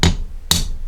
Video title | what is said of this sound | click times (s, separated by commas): Jeep Saginaw Steering Gear Box Rebuild - XJ, MJ, YJ, TJ, ZJ | There we go. Now that's put in there. Snapped into place. | 0.5 s